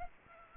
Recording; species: mosquito wingbeat signal from an infrared sensor; Anopheles arabiensis